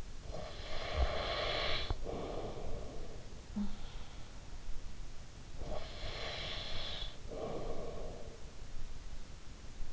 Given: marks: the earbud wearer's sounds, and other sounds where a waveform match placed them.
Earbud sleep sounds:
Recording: sounds in sleep by an in-ear microphone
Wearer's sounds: breath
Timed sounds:
0.00-3.63 s: breath
5.23-8.57 s: breath

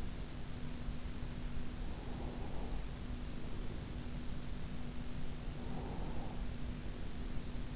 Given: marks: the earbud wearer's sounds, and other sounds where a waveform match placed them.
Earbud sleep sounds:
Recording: sounds in sleep by an in-ear microphone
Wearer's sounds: breath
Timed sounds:
2.03-3.87 s: breath
5.63-7.46 s: breath

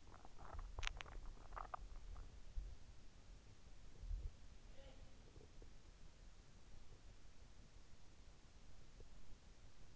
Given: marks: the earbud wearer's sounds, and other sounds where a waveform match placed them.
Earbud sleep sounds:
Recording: sounds in sleep by an in-ear microphone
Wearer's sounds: teeth grinding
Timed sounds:
0.00-2.20 s: teeth grinding

